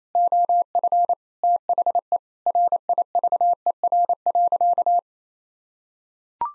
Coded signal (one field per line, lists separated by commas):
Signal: Morse code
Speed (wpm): 27 wpm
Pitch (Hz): 700 Hz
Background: none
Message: OF THE RIVER.